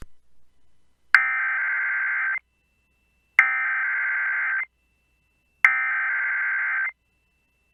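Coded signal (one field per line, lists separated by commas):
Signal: Emergency Alert System (SAME) tones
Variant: header bursts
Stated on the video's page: Required Monthly Test relayed by a Buffalo, New York TV station.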